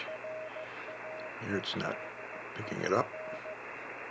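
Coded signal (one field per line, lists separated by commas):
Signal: Morse code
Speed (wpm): 15 wpm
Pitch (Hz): 630 Hz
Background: speech, radio noise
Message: RAEDER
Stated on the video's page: Coast station KPH sending an Enigma-encrypted message in Morse and RTTY on its shortwave frequencies, received on an IC-7610.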